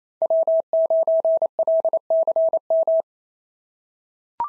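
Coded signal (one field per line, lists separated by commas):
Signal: Morse code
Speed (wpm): 28 wpm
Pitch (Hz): 650 Hz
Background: none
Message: W9LCM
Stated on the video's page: Simulated SOTA QSO practice at 28 wpm: each exchange sent in Morse, spoken, then sent again.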